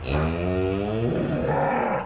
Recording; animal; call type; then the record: contact call of a hoofed animal; cattle; low-frequency (closed-mouth) or high-frequency (open-mouth) call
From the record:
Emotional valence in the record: negative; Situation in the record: full separation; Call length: 2.1 s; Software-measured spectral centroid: 1250 Hz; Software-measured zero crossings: 1210 a second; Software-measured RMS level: -24 dBFS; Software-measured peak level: -12 dBFS